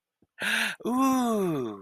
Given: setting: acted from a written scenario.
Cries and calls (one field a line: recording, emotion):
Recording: vocal sound without words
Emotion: positive surprise